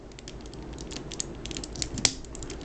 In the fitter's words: till you hear it click. When it clicks, that unlocks the arms